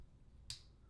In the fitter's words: so they will snap into place like that